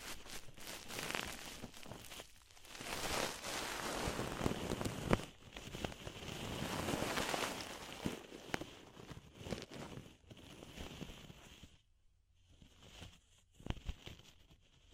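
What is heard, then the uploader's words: Ear cleaning with a dense, crackling rustle and scraping that swells and fades in uneven waves, with sharp clicks and pops scattered throughout. Near the twelve-second mark it drops almost to silence before a few more crackles and taps return. DEEP Ear Penetrating Cleaning.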